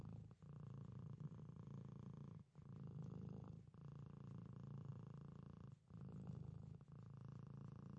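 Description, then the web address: Domestic cat purring steadily, a deep buzzy rumble in breath-long phrases separated by short dips. Pet domestic cat purring. "SFXBible animals-domestic-cat-pet-purr"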